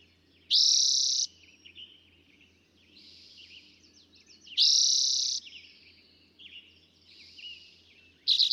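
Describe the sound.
Eastern towhee song: loud buzzy trills roughly every four seconds, each under a second long, with softer notes in between.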